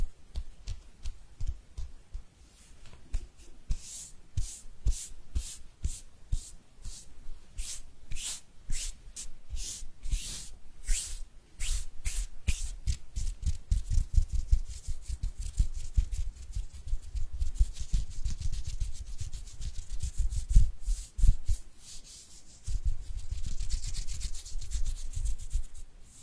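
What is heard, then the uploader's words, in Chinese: Hands rubbing together, a steady run of quick, dry swishing strokes. The strokes come in a fast, even rhythm, brightest and most distinct in the first half, then blur into a denser, softer rustle with a low rumble underneath. 搓手手。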